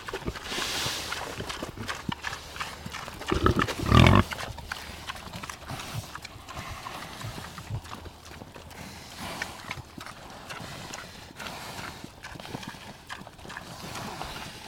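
Pig eating, with steady crunching and munching throughout and a louder burst of chewing or jostling around four seconds, over low rumbling background noise.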